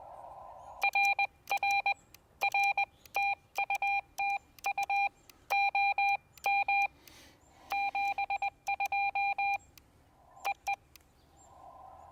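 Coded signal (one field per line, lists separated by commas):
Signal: Morse code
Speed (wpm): 20 wpm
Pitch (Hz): 2400 Hz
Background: none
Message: R R R TU TU OM 72 EE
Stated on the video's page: CW from a POTA park activation with a Xiegu X6200, Begali Traveler key, and 9:1 UNUN random wire antenna.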